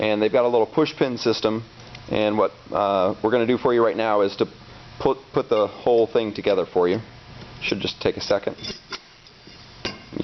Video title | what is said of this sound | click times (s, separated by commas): Brunswick 3 Sided Display | you see they just snap into place | 9.8 s, 10.2 s